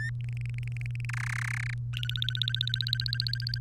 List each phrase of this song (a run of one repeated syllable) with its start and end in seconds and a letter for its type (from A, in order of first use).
0.00-0.10 A, 0.24-1.05 B, 1.09-1.74 C, 1.93-3.58 D